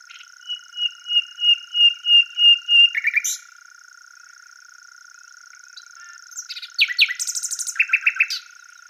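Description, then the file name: Common nightingale song: a slow series of about eight soft piping notes, a harsh burst, a pause, then rapid chattering and buzzy repeated notes. "Luscinia megarhynchos"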